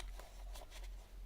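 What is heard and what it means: A detachable plumber's tool pocket with a plastic clip is handled against a loop on work trousers, giving soft rubbing and fabric-handling sounds with brief taps near 0.0 and 0.2 seconds. Nothing has seated or clicked yet; the clip is not yet home on the trousers.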